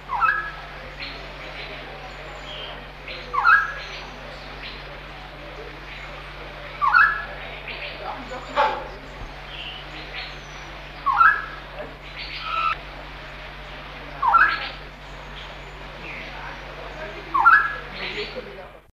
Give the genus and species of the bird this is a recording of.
Philemon moluccensis